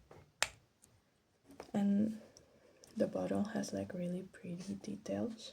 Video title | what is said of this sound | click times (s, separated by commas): ASMR my small but weird perfume collection | I love this one because it has metallic cap like it clicks in place | 0.4 s